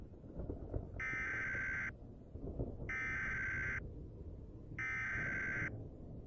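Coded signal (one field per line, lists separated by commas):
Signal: Emergency Alert System (SAME) tones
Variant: header bursts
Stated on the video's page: Fictional simulated scenario.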